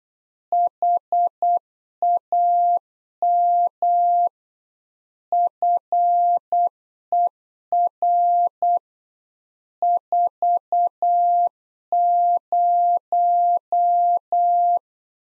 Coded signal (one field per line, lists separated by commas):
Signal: Morse code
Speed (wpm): 8 wpm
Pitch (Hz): 700 Hz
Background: none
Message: HAM FER 40